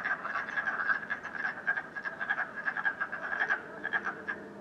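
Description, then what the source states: Frogs croaking together, the bright pulsed notes overlapping in a busy, unbroken chorus. Frogs croaking at night in Canada, recorded during COVID-19.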